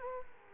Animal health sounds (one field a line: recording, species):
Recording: mosquito wingbeat signal from an infrared sensor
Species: Culex quinquefasciatus